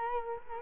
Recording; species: mosquito wingbeat signal from an infrared sensor; Culex quinquefasciatus